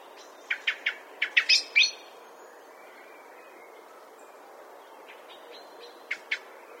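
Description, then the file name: Common blackbird producing a short series of hard chinks running into a brief chatter, followed by two fainter notes after a quiet gap. "Turdus merula"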